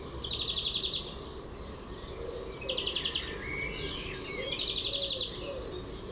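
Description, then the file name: European greenfinch song with three bright rattling trills spaced about two seconds apart, linked by brief rising twitters. "Chloris chloris"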